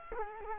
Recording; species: mosquito wingbeat signal from an infrared sensor; Culex quinquefasciatus